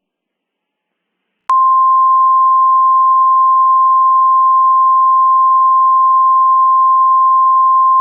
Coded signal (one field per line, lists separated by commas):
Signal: Emergency Alert System (SAME) tones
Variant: 853 and 960 Hz attention tone